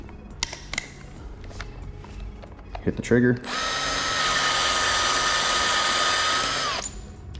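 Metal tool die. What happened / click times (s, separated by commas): The die snapped into the tool head / 0.4 s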